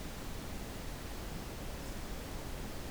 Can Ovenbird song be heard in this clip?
no